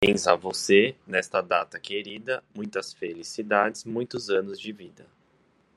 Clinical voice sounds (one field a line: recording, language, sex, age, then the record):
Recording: short text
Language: Brazilian Portuguese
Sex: male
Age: 20 to 29 years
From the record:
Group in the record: control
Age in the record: 24 years